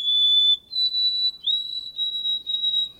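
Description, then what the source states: White-throated Sparrow whistled song: a long pure note, then a slightly higher held note, followed by a run of short repeated whistled phrases on nearly the same pitch. Sung on warm late-winter and early-spring days in thickets; the whistled song is traditionally rendered as 'Old Sam Peabody, Peabody, Peabody' or 'Oh sweet Canada, Canada, Canada'.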